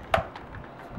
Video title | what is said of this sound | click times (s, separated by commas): ~Unboxing~ NEW! Nerf Rebelle Guardian Crossbow Unboxing Video ~Unboxing~ | yeah it just snaps into place there | 0.1 s